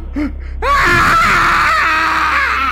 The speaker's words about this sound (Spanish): El viejo lanzó de pronto un alarido que casi me hizo perder el sentido.